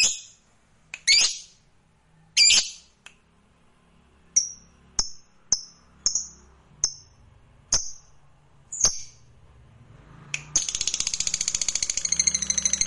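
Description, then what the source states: Lovebird giving a few harsh squawks, then a run of sharp, high single squeaks, then breaking into a rapid, continuous twittering chatter near the end. Fighter lovebird singing energetically (gacor).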